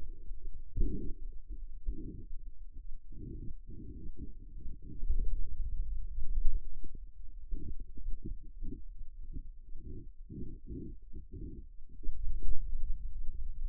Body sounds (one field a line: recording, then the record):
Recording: forearm muscle sounds (acoustic myography)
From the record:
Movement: inward rotation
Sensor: system 2, bracelet of six BSWA MPA416 microphones around the upper forearm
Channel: 6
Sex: male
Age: 22 years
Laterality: right